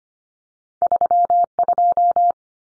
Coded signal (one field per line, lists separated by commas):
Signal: Morse code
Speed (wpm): 25 wpm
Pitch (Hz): 700 Hz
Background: none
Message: 32